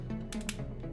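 A plastic tread tab is pushed into the back of a Magic Square MS-03 Heavy Gunner (Brawl) transforming robot toy during its transformation, over a steady low hum. Two sharp plastic clicks ring out at 0.3 s and 0.5 s, the second louder, and the tread is seated.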